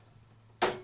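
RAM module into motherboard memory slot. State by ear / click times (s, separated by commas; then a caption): seated / 0.6 s. A third RAM stick is slid into a motherboard memory slot of a Dell Optiplex 755 and pushed down until the clips snap shut. After quiet low hum, a sharp, bright click lands at 0.6 s and fades quickly. The module is seated.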